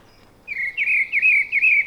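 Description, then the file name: Eurasian blackbird giving a brief run of four similar slurred, whistled notes in quick succession, clear against a quiet background. "Turdus merula"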